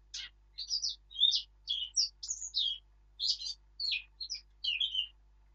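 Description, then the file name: Eurasian blackcap song: a steady stream of short, varied warbled notes, some buzzy, some whistled, with a quiet background. "Sylvia atricapilla"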